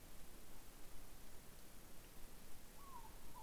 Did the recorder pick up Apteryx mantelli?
no